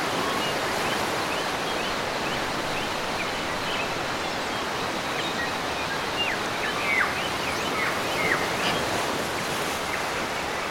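Waves wash steadily in a dense, even roar on the New Zealand coast, with short bird chirps scattered through the second half.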